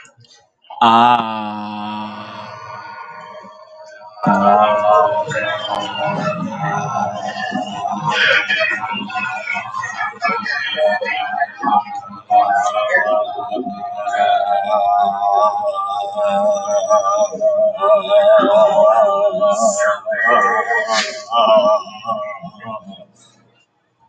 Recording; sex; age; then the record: vowel held as long as possible; male; 30 to 39 years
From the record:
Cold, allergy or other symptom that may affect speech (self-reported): no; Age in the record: 33 years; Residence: North Carolina, United States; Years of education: 12